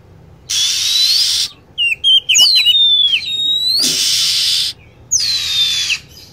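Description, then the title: Lovebird chirps and a long falling whistled screech, between stretches of steady loud hissing noise. Lure sound used to attract lovebirds. "PIKAT BURUNG LOVEBIRD"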